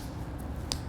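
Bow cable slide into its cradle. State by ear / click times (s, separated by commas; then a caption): seated / 0.7 s. A plastic cable slide for a bow's cable guard is pressed into its cradle, giving a single sharp snap at 0.7 s over a low background hum. The slide is seated in the cradle.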